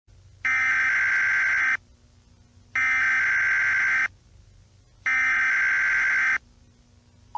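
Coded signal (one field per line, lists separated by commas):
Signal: Emergency Alert System (SAME) tones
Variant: header bursts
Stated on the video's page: Fictional EAS hijack.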